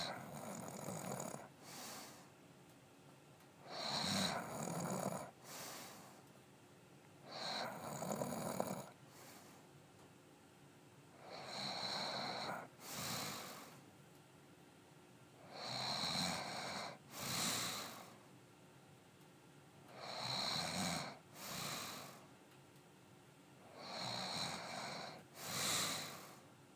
Snoring.